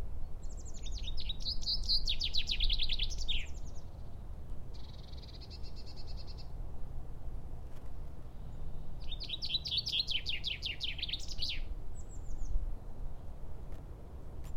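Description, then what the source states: Common chaffinch song: two bright descending trills ending in a flourish, one early and one near ten seconds, with other faint chirps and low background rumble. Recorded on 14 March 2012.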